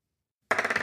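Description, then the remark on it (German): After a moment of silence, dice clatter across a desk in a quick, loud burst of hard rattling clicks that continues without any voices. “Ich glaube, die Würfel sind auch nicht so gut.”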